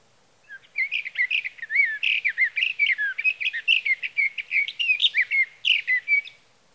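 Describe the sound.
Sage Thrasher song: a long, fast warble of many varied notes, slurred up and down, pouring out steadily for about six seconds.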